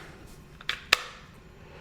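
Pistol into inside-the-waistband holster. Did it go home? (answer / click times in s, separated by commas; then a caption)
yes / 0.9 s. A SIG P365 AXG Legion pistol is pushed into a molded Gen 1 inside-the-waistband holster, giving faint ticks near 0.6 and 0.7 s before one sharp, bright pop at 0.9 s. The pistol snaps into the holster's retention and is seated.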